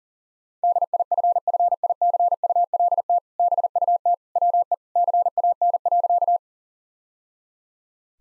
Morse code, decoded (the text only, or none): DIFFICULT BUT WE CAN.